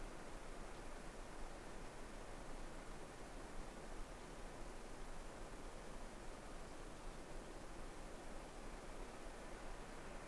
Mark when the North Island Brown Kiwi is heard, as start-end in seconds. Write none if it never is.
none